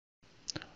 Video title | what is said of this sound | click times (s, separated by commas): Configurarea conexiunii Ethernet ACC COM LAN la controllerul Hunter ACC | insert it fully until it clicks into place | 0.5 s